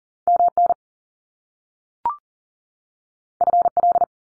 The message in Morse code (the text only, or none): MN FL